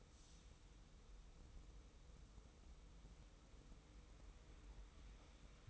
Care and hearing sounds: daily activity, microphone in the room; wipe stove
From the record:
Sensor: 1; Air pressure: 990.5 hPa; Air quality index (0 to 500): 180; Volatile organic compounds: 1000 ppm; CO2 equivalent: 6646 ppm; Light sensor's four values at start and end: 31/71/30/33 and 30/71/30/33

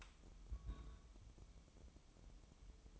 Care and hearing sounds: daily activity, microphone in the room; place on stove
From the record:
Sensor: 1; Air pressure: 988.3 hPa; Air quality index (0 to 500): 202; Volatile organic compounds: 1000 ppm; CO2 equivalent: 5408 ppm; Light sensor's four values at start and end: 27/98/37/39 and 27/98/37/39

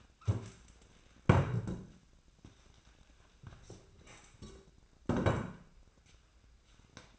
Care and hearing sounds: daily activity, microphone in the room; stand up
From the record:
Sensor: 2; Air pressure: 1012.1 hPa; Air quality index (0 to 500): 158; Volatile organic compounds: 2 ppm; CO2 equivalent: 1157 ppm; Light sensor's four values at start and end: 51/133/56/66 and 39/98/43/49

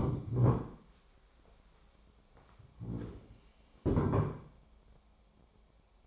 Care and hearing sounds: daily activity, microphone in the room; stand up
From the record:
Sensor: 1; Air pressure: 1015.2 hPa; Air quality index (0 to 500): 188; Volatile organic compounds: 18 ppm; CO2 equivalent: 2625 ppm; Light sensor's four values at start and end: 12/30/12/13 and 12/29/12/13

